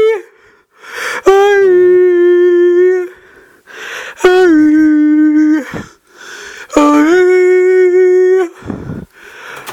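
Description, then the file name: Orangutan song: three long, sustained harmonic tones, each with a brief slide in pitch at the start before holding steady, separated by short pauses. Song, 7 July 2013. "130707 Orang utan song"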